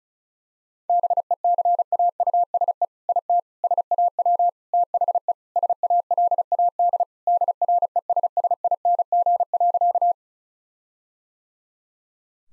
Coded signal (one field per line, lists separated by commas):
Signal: Morse code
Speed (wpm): 36 wpm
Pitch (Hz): 700 Hz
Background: none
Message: BECAUSE IT SAW THE SALAD DRESSING.